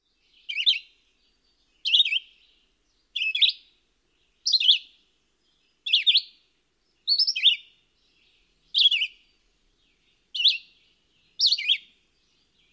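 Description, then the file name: Red-eyed vireo song: a steady series of brief, varied whistled phrases, about ten of them, spaced a little over a second apart against a quiet background. "Viréo-aux-yeux-rouges"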